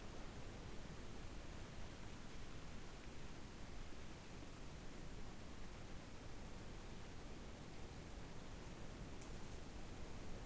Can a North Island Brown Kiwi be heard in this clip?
no